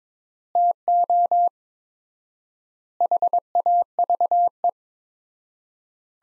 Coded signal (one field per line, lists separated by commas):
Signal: Morse code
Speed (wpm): 22 wpm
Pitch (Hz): 700 Hz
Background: none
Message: TO HAVE